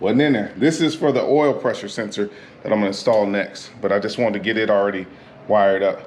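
A man talks while handling a plastic Dakota Digital gauge wiring harness connector for the oil pressure sensor, readying it to push into its mating female connector on a Harley-Davidson Street Glide motorcycle. Speech fills the clip, and nothing has seated or clicked yet.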